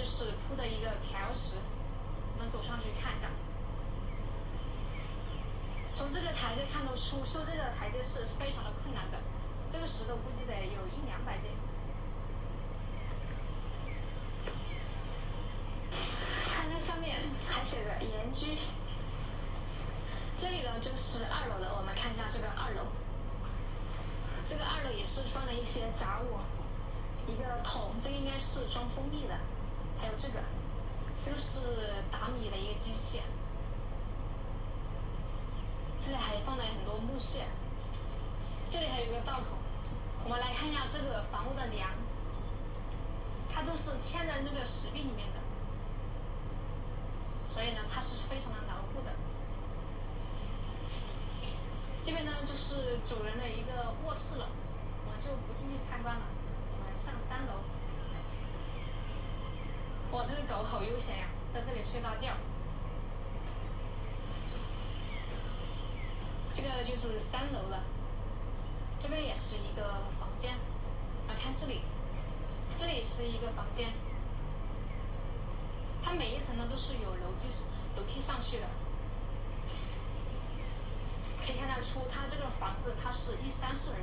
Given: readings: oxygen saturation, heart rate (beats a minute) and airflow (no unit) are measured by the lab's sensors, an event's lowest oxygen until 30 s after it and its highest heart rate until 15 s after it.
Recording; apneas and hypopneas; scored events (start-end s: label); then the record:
a person awake in a sleep study, by a smartphone at the bedside; none
0.00-84.03 s: awake
From the record:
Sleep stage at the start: awake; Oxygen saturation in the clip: 93 to 94%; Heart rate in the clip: 60 to 68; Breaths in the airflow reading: 29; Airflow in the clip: -5.4 to 6.0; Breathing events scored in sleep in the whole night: 476 in 9.7 hours asleep